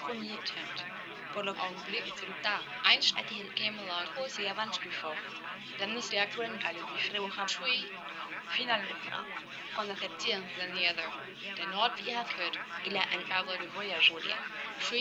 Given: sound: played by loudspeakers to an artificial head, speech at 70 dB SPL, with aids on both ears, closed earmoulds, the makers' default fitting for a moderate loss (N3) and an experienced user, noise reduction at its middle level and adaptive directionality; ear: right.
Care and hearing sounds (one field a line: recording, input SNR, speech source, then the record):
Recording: speech test signal (ISTS) in cocktail-party noise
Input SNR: -3 dB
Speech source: on the right (90 degrees)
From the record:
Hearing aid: class 1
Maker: F